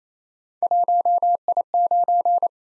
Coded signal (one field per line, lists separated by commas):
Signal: Morse code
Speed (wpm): 29 wpm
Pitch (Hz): 700 Hz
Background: none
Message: 1I9